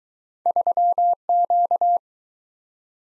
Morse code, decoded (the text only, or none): 3Q